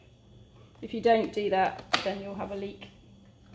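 The expiratory valve of a ventilator breathing circuit is handled at a Hamilton T1 transfer ventilator on a Ferno transfer trolley, before being twisted on so the circuit does not leak. Someone talks over faint handling sounds. Nothing has seated or clicked yet.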